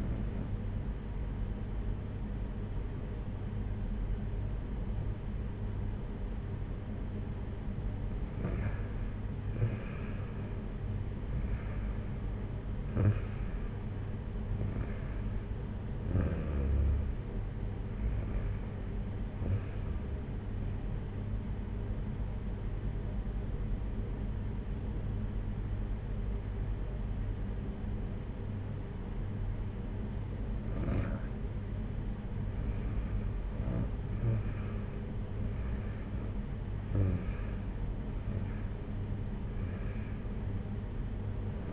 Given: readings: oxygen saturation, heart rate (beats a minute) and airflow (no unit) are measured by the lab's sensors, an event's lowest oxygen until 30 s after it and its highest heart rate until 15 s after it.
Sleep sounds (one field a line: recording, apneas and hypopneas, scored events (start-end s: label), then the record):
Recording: breathing in sleep by a smartphone at the bedside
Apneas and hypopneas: 1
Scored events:
19.00-33.00 s: hypopnea (REM, oxygen 94% highest, then 91% lowest, heart rate 64 at the start, 64 highest)
From the record:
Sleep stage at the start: REM sleep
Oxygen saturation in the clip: 93 to 95%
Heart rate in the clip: 57 to 64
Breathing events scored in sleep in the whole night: 226 in 8.8 hours asleep